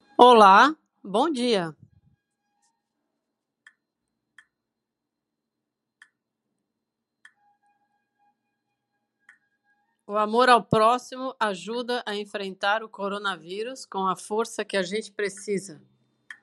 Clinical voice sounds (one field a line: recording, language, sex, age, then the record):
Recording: spoken sentence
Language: Brazilian Portuguese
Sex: female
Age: 50 to 59 years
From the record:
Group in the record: control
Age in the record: 54 years